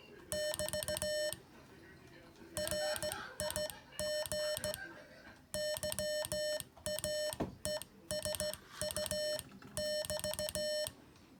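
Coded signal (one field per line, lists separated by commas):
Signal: Morse code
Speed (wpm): 15 wpm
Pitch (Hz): 600 Hz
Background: speech, music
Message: <BT> RIG YAESU <BT>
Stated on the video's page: Morse code lesson, homework for the third session of a learning series.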